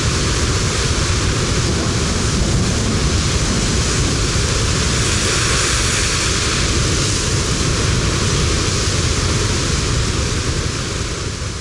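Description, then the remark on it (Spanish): A south wind blows in a steady, loud roar for the whole stretch, a dense rushing hiss over heavy low rumbling, with no pauses, gusts or voices. “Viento del sur que anuncia las tormentas del fin del verano y del otoño.”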